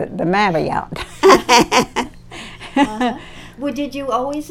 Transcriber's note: both laugh